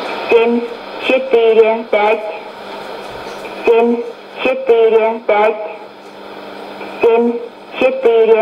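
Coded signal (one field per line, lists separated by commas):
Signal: numbers station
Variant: S06s, Russian female voice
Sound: woman's voice reading short evenly spaced number words in groups, with pauses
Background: radio static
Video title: 27 06 2018 S06s Russian Lady numbers station in Russian to Eu 0730 on 12110 unknown tx site USB+AM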